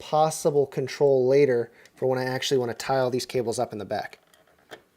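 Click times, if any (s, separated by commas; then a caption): 4.3 s. Someone talks over the first four seconds while plugging a SATA power cable connector fully into a drive. At 4.3 s a short, sharp snap is heard as the connector seats into place, followed by a quieter tick near the end.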